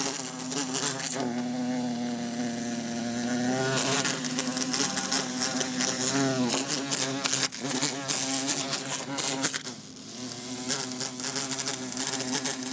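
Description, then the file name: Bumblebee droning, the hum sliding up and down in pitch while repeated sharp taps and clicks sound over it. Bumblebee buzzing while trying to escape through a closed window. "Bumblebee trying to escape thru closed window"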